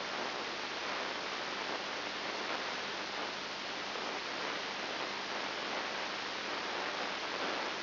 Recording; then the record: brain microelectrode recording played as sound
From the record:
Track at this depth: inside the subthalamic nucleus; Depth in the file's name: 4.302 mm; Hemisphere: left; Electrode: 3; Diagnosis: Parkinson's disease